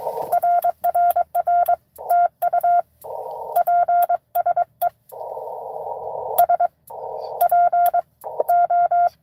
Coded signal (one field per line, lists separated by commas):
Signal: Morse code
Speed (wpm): 22 wpm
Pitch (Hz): 700 Hz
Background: none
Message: RRR TU PSE SPO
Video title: N2AKJ is live! Doing pota and 12 days of xmas at us-2147 #pota #cw